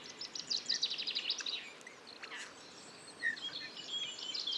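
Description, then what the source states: Eurasian bullfinch quiet song, a rapid run of thin twittering notes followed by scattered soft whistles and a short piped note. Male in breeding plumage perched on budding blackthorn, La Sarcena, Drôme, France, 15 March 2020; a few calls then soft, barely audible warble; Nagra Seven recorder with Telinga Pro7 parabola.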